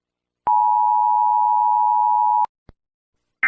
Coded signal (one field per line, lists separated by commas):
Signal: Emergency Alert System (SAME) tones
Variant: 853 and 960 Hz attention tone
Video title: A eas scenario